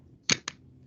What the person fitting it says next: heard the click